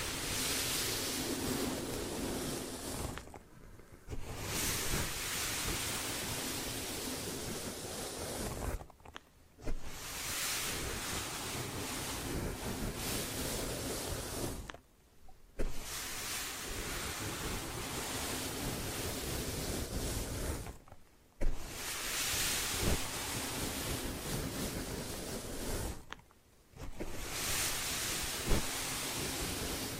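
Hair washing and massage with a dense, rushing hiss of scrubbing and water that runs in steady stretches of about five seconds. Each stretch breaks off into a brief near-silence at regular intervals, five times in all, then resumes.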